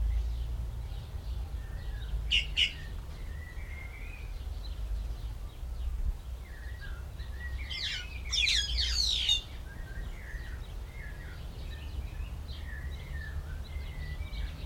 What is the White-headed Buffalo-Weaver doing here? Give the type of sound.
call